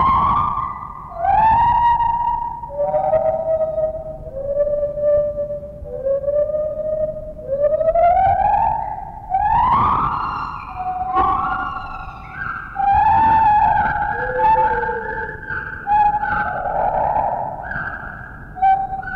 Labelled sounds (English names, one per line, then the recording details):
Lar Gibbon
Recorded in captivity
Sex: pair
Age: adult
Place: Zoo Berlin, Berlin, DE
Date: 1960-10-29 12:05
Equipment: Minifon, Kopie Smaragd
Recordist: Tembrock, Günter